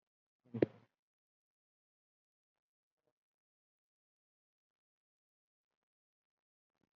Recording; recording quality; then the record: shallow breathing; poor, much background noise or distortion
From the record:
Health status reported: COVID-19 positive, mild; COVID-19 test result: positive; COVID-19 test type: RT-PCR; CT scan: not taken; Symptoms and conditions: hypertension, diabetes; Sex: male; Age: 70 years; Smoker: no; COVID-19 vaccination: none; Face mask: worn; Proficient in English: no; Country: India